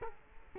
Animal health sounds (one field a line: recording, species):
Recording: mosquito wingbeat signal from an infrared sensor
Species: Culex quinquefasciatus